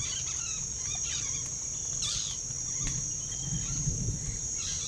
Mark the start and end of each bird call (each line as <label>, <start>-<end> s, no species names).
bird call, 0.00-1.46 s
bird call, 1.96-2.38 s
bird call, 2.70-3.90 s